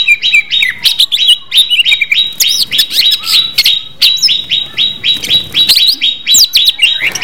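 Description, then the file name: Greater green leafbird song: rapid chirps and whistled notes over a steady high tone, without a break. Greater green leafbirds (cucak hijau) in a simulated singing contest. "simulasi-lomba-cucak-hijau 2-omkicau"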